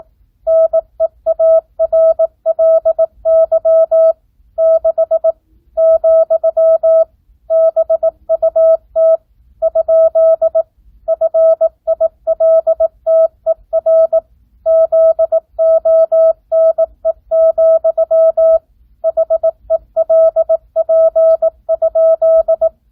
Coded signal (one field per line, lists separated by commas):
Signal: Morse code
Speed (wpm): 18 wpm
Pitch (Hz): 650 Hz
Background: none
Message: NEARLY 6 , BUT ? FILTER ZONE, HELP?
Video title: Recieve Morse Code 9th Grade